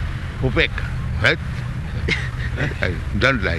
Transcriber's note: laughter